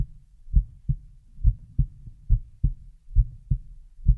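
Deep, muffled thumps come in pairs, each lub closely followed by a dub, at a steady pace of about 66 beats a minute. Five full cycles are heard, all low-pitched, with no other sounds. It is an adult heartbeat heard up close for ASMR listening.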